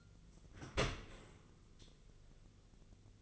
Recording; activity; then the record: daily activity, microphone in the room; open dishwasher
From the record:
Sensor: 4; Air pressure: 1001.3 hPa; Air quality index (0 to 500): 183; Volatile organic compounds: 2 ppm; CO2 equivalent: 1305 ppm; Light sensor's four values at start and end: 12/29/12/12 and 13/29/12/12